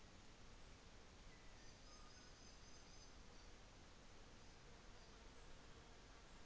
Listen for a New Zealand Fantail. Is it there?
no